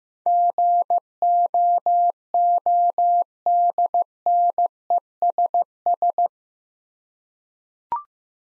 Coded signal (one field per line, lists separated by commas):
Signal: Morse code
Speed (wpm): 15 wpm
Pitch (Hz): 700 Hz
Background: none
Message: GOODNESS